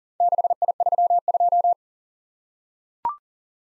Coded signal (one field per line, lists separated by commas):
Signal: Morse code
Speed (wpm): 41 wpm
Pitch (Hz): 700 Hz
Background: none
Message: 6I32